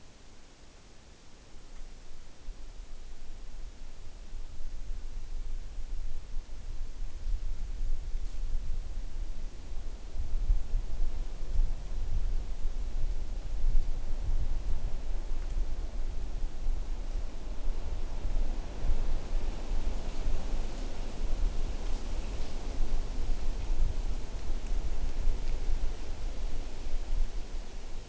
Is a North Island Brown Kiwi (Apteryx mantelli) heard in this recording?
no